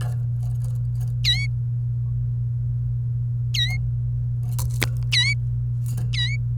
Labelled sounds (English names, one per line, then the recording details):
Domestic Canary song
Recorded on 28 April 2018 at 08:13
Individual llb3